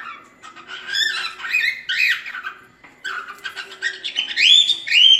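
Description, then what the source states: Cockatiel warbling song, a run of scratchy chatter and looping whistles that ends in clearer rising whistled notes. Lutino colour variety.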